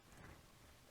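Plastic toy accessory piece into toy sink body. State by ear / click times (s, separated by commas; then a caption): not seated / none. Small plastic accessory pieces of a toy play sink are handled and pushed toward the sink body, producing a steady, low rustling handling noise with no sharp hits. Nothing has seated or clicked into place yet.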